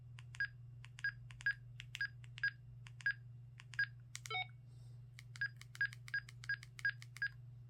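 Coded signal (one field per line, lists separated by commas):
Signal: none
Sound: radio key press beeps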